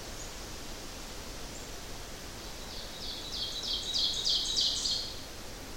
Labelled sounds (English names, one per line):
Ovenbird song